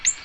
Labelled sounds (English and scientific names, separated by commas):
Ovenbird (Seiurus aurocapilla) flight call